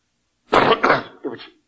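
Two quick coughs from an adult man with a cold, a cough and a hoarse throat: a loud, harsh one, then a shorter, softer one.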